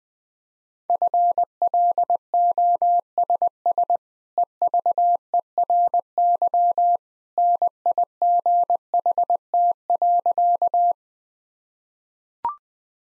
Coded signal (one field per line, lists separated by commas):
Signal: Morse code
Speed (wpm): 20 wpm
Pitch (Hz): 700 Hz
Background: none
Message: FLOSS EVERY NIGHT.